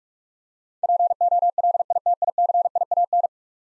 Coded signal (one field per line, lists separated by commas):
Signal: Morse code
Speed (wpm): 46 wpm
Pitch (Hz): 700 Hz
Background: none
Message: POLITICIAN